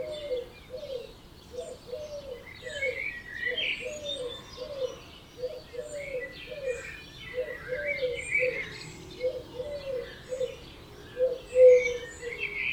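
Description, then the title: Birds singing, with a long evenly paced series of low hooting notes beneath scattered high chirps and warbled song. Dawn chorus at 4am in Oberhofen, Inntal, Austria; binaural recording. "Birds Oberhofen Inntal Austria - 4am - binaural version"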